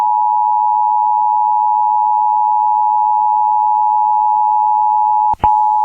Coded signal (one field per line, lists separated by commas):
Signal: Emergency Alert System (SAME) tones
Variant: 853 and 960 Hz attention tone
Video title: EAS Tornado Warning on WIYY and Legal ID (9/1/21)